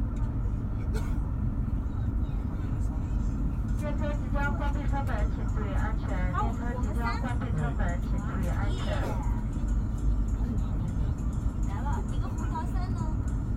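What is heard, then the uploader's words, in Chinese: On a moving train, a steady low rumble fills the carriage while voices talk quietly from about four to ten seconds, resuming near twelve. 火车旅行。上一趟年代久远的火车。地点：火车上。各种耳语迎面铺来。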